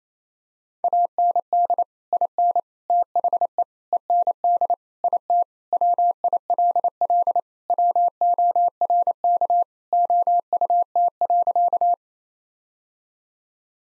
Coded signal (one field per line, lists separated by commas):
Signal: Morse code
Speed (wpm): 28 wpm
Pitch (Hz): 700 Hz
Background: none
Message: AND IN THE END IT WILL WORK OUT.